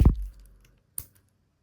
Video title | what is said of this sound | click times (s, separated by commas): Preorder Apocalypse Part II: Shock & Awestriker! A GI Joe Classified 171 Review | the uh the cutout ab crunch. You hear that click? | 1.0 s